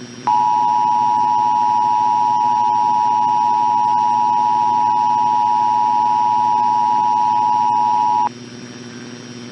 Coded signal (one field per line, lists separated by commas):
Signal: Emergency Alert System (SAME) tones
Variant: 853 and 960 Hz attention tone